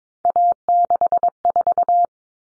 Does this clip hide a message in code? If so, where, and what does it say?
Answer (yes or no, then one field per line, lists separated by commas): yes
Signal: Morse code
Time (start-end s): 0.3-2.1 s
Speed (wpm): 22 wpm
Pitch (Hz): 700 Hz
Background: none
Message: A64